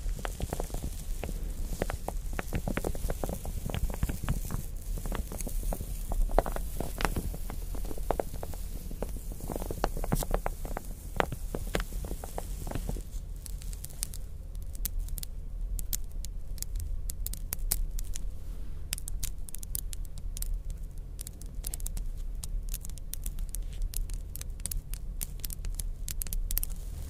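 Crystals, beads and ice are tapped and scratched in dense clusters of bright clicks, busier and rougher before thirteen seconds, then sparser, sharper ticks.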